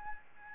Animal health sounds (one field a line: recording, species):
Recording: mosquito wingbeat signal from an infrared sensor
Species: Aedes albopictus